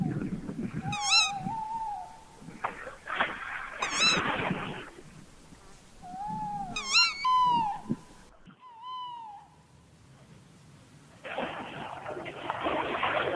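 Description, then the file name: Tawny owl calls: several tonal notes with wavering overtones every few seconds, between stretches of broad rushing noise. "chouette hulotte"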